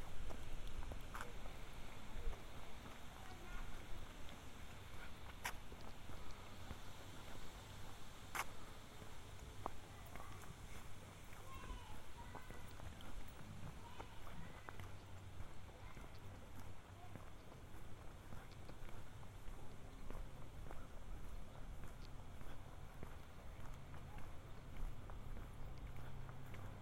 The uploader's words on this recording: A binaural field recording of walking around south Boulder, CO in the summer of 2015.